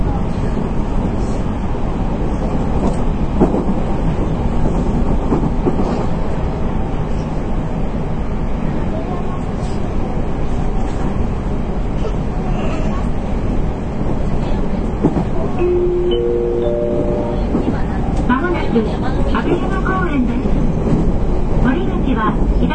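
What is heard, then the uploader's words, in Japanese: A Nippou line local train, series 813, runs with a dense, steady low rumble that barely changes in loudness. Faint voices mix into the roar. Around sixteen seconds a rising motor whine climbs in short steps, and brief clicks and squeals follow near the end. JR九州 813系 中津から西小倉まで。813系電車の走行音。日豊線の普通列車で収録しました。ワンマン運行です。It was recorded with Nippou line's local train。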